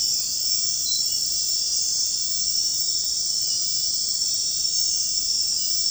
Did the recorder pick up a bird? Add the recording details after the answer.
no. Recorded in secondary vegetation near Puerto Asís, Putumayo, Colombia, on 4 March 2025 at 02:30. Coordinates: 0.484, -76.319. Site G010